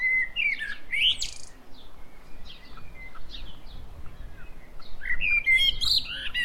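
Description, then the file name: Common blackbird delivering a short fluty phrase with a squeaky upward ending, then faint twitters, and a second mellow phrase toward the close, over background hiss. "Turdus merula"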